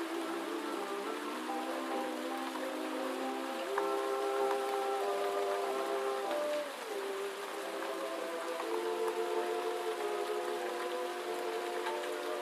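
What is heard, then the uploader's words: Gentle night rain falls in a steady, dense patter throughout, with oldies playing in another room beneath it. Muffled sustained tones shift in pitch, brightest from about four to six seconds, then resume after a brief dip near seven seconds. Gentle Night Rain & Oldies Playing in Another Room.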